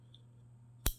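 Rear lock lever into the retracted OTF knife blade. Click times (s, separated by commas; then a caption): 0.9 s. An out-the-front automatic knife blade retracts fully into the handle, and the rear spring-loaded lock lever snaps into the blade groove. The lever gives a sharp, bright metallic click at 0.9 s over a steady low hum, locking the retracted blade in place.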